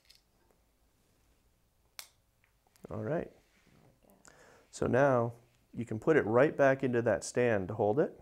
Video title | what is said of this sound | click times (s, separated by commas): Building the Control Boxes - SeaPerch Training Videos | it may require a little bit of force to get it to pop down and snap into place alright | 2.0 s